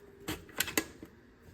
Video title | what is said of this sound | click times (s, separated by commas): Hunting INVASIVE SPECIES to Save Our Wetlands | Once we get all that in there, we'll get our pressure cooker closed up till it snaps. | 0.6 s, 0.8 s